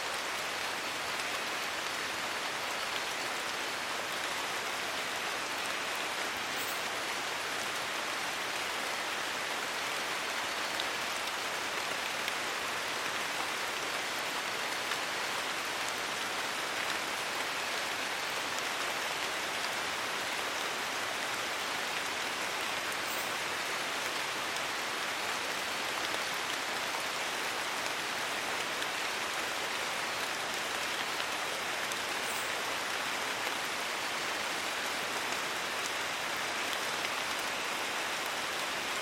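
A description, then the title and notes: Gentle rain falls steadily in the Borneo rainforest, a dense even patter throughout, with a thin high insect tone and brief faint chirps. Borneo rainforest - Calm Rain. Recorded in with Sony PCM A10 and Lom MikroUsi micropohones.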